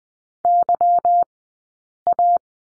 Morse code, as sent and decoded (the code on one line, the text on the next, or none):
-.-- .-
YA